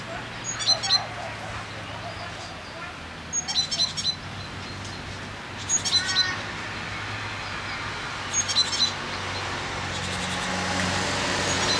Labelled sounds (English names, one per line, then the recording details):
Great Tit song
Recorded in the wild
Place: Oberstdorf, Bayern, DE
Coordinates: 47.41, 10.2797
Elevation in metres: 808
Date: 1977-03-13
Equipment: Uher 4000 Report
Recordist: Tretzel, Erwin